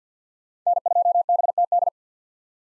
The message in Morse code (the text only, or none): N2BTD